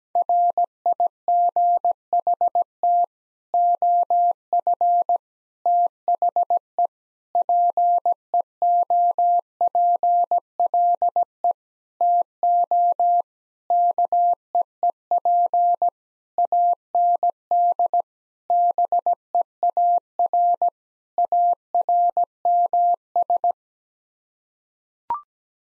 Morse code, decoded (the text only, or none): RIGHT OF THE PEOPLE TO KEEP AND BEAR ARMS